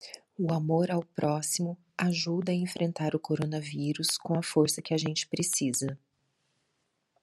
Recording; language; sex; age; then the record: spoken sentence; Brazilian Portuguese; female; 40 to 49 years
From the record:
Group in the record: control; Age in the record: 47 years